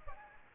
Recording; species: mosquito wingbeat signal from an infrared sensor; Aedes aegypti